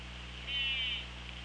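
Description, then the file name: Orca call, a single arched harmonic tone lasting about half a second, rising then falling, over constant low hum. Recorded 24 August 2017 at 17:59. "Orca Lab. 20170824 175933"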